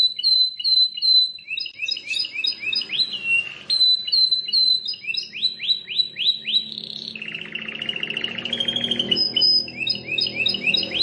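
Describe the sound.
Plain prinia song with repeated high chirps, a fast series of rising notes, then a long buzzy rattling trill and more chirping.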